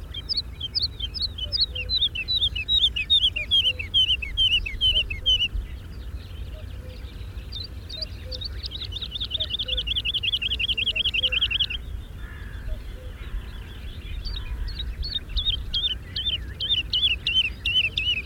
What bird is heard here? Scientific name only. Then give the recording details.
Lullula arborea. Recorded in the wild. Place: Melnik, Blagoewgrad, BG. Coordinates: 41.525, 23.392. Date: 1974-05-24. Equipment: Nagra III BH, Sennheiser MD 21, parabola. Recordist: Schubert, Michael